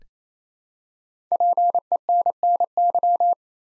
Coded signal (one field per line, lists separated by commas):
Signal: Morse code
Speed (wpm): 29 wpm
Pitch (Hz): 700 Hz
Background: none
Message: PENNY